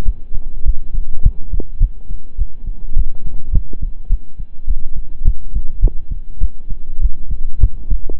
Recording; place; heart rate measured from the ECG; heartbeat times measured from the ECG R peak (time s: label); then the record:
heart sounds by stethoscope; between the tricuspid and mitral areas; 103 bpm
0.03 s: heartbeat
0.63 s: heartbeat
1.21 s: heartbeat
1.78 s: heartbeat
2.36 s: heartbeat
2.94 s: heartbeat
3.51 s: heartbeat
4.08 s: heartbeat
4.65 s: heartbeat
5.23 s: heartbeat
5.80 s: heartbeat
6.39 s: heartbeat
6.99 s: heartbeat
7.58 s: heartbeat
8.17 s: heartbeat
From the record:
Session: slow and fast walking with breaks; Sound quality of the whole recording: saturated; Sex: male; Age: 25 years